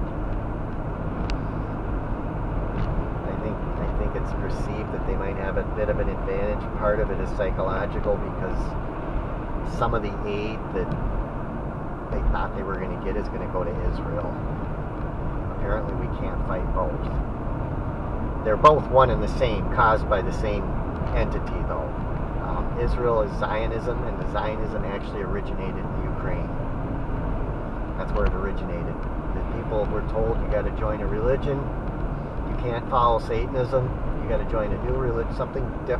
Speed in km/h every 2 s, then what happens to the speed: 71, 77, 77, 76, 72, 71, 71, 69, 69, 72, 74, 71, 68, 71, 69, 63, 61, 61.
0-2 speeds up to 77. 2-12 slows to 71. 12-21 steady at about 71. 21-31 slows to 61.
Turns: none.